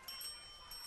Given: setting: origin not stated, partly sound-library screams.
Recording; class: one-second piece from a danger detection set; normal situation